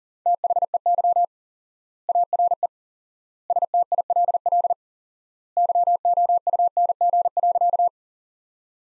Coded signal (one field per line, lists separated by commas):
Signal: Morse code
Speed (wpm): 37 wpm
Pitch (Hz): 700 Hz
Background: none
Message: THEY ARE STILL YOUNG.